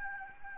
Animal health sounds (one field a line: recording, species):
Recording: mosquito wingbeat signal from an infrared sensor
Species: Anopheles arabiensis